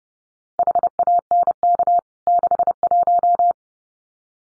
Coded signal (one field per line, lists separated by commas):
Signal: Morse code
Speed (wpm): 30 wpm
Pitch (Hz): 700 Hz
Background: none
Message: HANK 61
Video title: CWT Exchange 30wpm